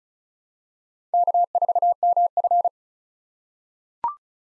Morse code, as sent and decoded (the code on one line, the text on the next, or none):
-.- ....- -- ..-.
K4MF